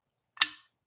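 A flap on a second drinking lid for a mason jar is pushed until it clicks into place. A single sharp click lands at 0.4 s, followed by a brief fading ring. The flap is seated so that it doesn't flop and hit the drinker in the nose.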